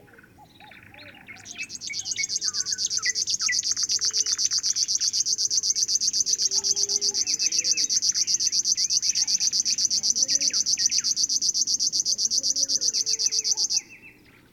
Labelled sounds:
River Warbler (Locustella fluviatilis) song
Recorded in the wild
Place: Zirkow, Insel Rügen, Mecklenburg-Vorpommern, DE
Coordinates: 54.377, 13.536
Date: 1975-06-06 20:00
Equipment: Nagra III BH, Sennheiser MD 21, parabola
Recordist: Schubert, Michael

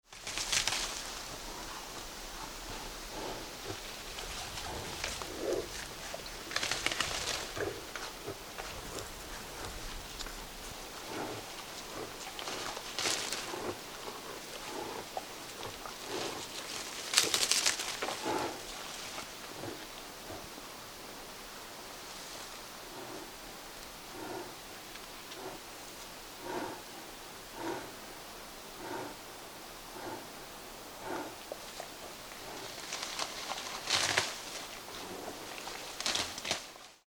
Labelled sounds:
Moose (Alces alces)
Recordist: Frommolt, Karl-Heinz
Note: Männlicher Elch: Fress- und Atemgeräusche

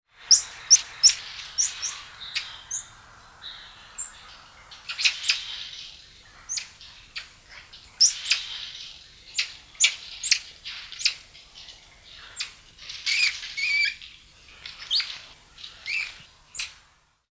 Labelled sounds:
Common Squirrel Monkey (Saimiri sciureus)
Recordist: Tembrock, Günter
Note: Rufe einer Gruppe

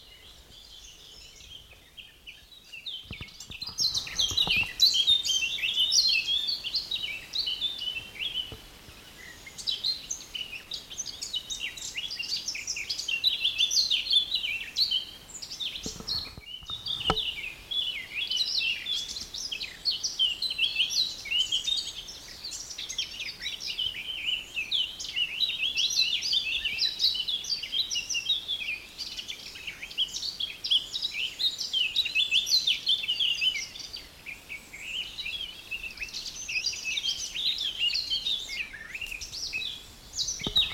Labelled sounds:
Eurasian Blackcap (Sylvia atricapilla)
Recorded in the wild
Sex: male
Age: adult
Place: Mühlenbeck, Brandenburg, DE
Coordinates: 52.667, 13.37
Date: 1992-05-23 11:55
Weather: 23-24°C, böiger Wind
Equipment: Nagra SN, Mikrofon AKG CK 8, Kopie Tesla B 116
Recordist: Tembrock, Günter

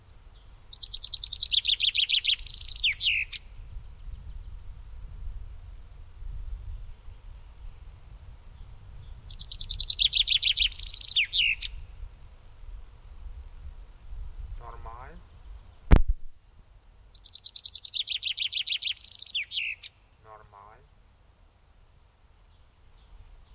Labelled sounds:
Common Chaffinch (Fringilla coelebs) song
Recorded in the wild
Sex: male
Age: adult
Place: Bubenreuth, Bayern, DE
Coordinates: 49.4914, 11.0694
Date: 1962-04-12
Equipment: Stellavox SM 5, langes Kabel
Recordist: Tretzel, Erwin

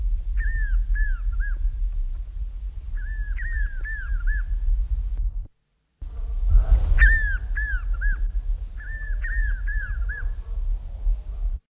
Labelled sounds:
Caatinga Puffbird (Nystalus maculatus) call
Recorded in the wild
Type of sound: call
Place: Buenos Aires, AR
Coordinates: -34.56, -58.45
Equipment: Halbspur, 9,5 cm/s
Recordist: Lütgens, Hans
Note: Villa Belgrano: Rufe

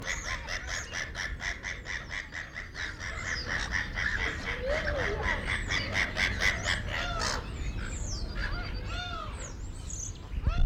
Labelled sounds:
Black-headed Gull (Chroicocephalus ridibundus)
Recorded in captivity
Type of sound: call, call sequence, squawk
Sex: male
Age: adult
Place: Tierpark Berlin, Berlin, DE
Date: 1994-04-08 10:11
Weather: sonnig, 5°C
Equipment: Marantz CP 430, Sennheiser ME 80, Kopie Uher Variocord 263
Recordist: Tembrock, Günter
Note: Männchen: Lautfolge beim Bespringen

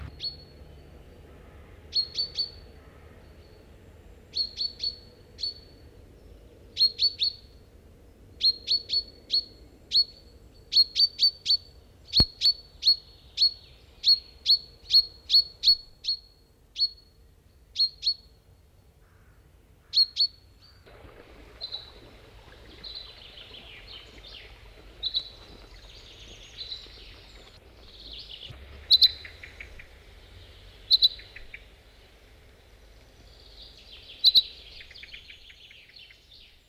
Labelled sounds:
Common Chaffinch (Fringilla coelebs) call
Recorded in the wild
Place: Wermelskirchen, Nordrhein-Westfalen, DE
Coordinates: 51.13, 7.25
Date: 1995-04-15
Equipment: Sony WM-D6C
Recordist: Skiba, Reinald

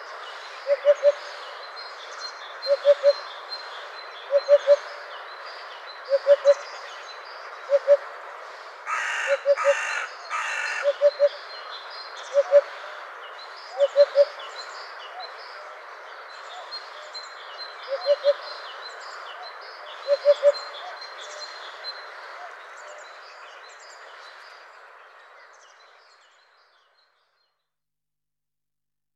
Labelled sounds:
Eurasian Hoopoe (Upupa epops) song
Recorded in the wild
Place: Kalmückensteppe bei Senseli, RU
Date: 2006-05-21
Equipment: MiniDisc Sharp MT 20 H
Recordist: Schwarz, Dieter

